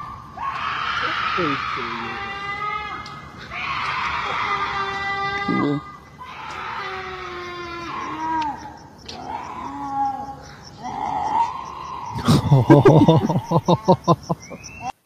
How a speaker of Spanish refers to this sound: Durísimo los gritos de la llorona, durísimo, pero pongo la música, ¿no? Son durísimos.